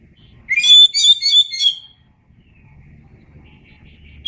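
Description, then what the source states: Oriental magpie-robin song: a single burst of rapid, rich whistled and chattering notes, then a quiet pause. Indonesian name kacer; described as gacor, meaning singing vigorously.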